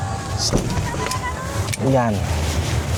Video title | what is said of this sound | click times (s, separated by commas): Moto Camping - Onay Paye Beach Resort | Tapos nag-lock na siya. | 1.7 s